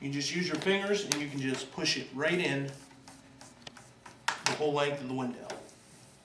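A vinyl glazing bead is started into the channel of a vinyl Evolution series window sash and pushed in by hand along the whole length of the window while someone talks. Faint handling taps come between about 3.1 and 4.1 s, followed by two sharper taps near 4.3 and 4.5 s before the talking resumes. Nothing has seated or snapped in yet.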